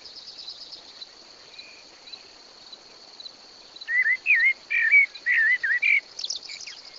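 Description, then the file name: Common blackbird song: after a quiet start, a burst of mellow warbled phrases begins near four seconds, ending in thin, squeaky high notes, over a steady high insect trill. "Turdus merula"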